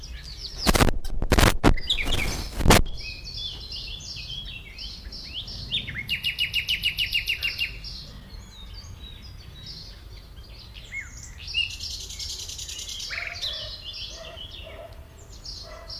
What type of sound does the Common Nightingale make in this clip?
song